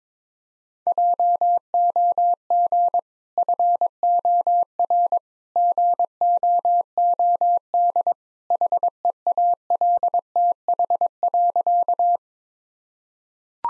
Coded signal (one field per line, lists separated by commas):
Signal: Morse code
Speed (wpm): 21 wpm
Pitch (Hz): 700 Hz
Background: none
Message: JOG FOR GOOD HEALTH.